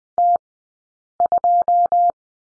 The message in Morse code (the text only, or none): T2